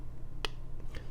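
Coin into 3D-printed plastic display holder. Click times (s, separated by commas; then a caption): 0.5 s. A coin is pressed into its recess in a 3D-printed plastic coin display holder, and a sharp snap is heard at 0.5 s as it seats. Two fainter ticks follow at 0.8 s and 0.9 s. The coin is in and the holder grips it firmly.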